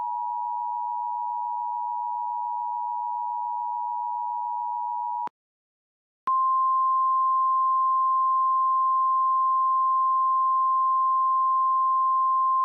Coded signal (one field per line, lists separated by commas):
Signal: Emergency Alert System (SAME) tones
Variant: 853 and 960 Hz attention tone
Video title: EAS MOCK Shelter In-Place Warning for Porter County (Valpo) Made by EASyPLUS